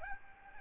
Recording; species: mosquito wingbeat signal from an infrared sensor; Aedes albopictus